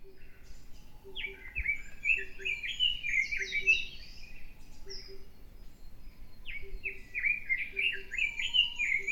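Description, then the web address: Bird song in two bursts of quick, high chirping notes that step and slide up and down, with a softer, lower note repeating steadily underneath. "yacho koe"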